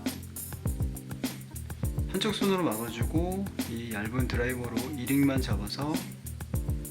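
A small metal E-ring is handled on the shaft of a Doyo Fishing Liger 30 baitcasting reel during an overhaul, held with one hand and positioned with a thin screwdriver so it can be pushed until it snaps on. Someone talks over background music, with a few faint light ticks near the start and end. The clip ends before the ring goes home, so nothing has seated or clicked yet.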